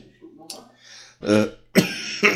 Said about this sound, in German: Der Husten ist heute gratis, den könnt ihr rausfiltern. Da könnt ihr bei euch im Podcatcher, ja, gibt so eine Husten-Rausfilter-Funktion.